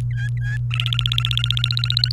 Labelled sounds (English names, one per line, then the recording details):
Domestic Canary song
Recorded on 29 April 2018 at 11:47
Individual llb3